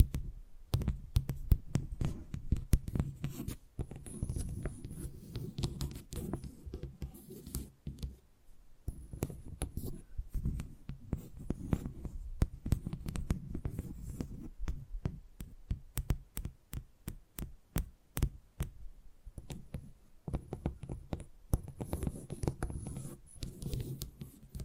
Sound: Brain Tingly Tapping Sounds